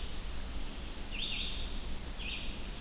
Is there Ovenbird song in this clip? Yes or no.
no